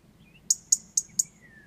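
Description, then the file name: European robin ticking calls, four sharp dry clicks in quick succession, with faint thin high whistles before and after. "Erithacus rubecula"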